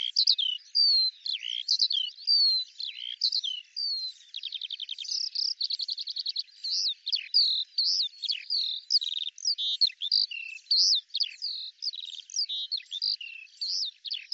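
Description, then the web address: Eurasian skylark song, a varied high outpouring mixing whistled slurs, a rapid rattling trill and quick chirps, sustained the whole way. "Deverinetal 2025 Bird Al Ar"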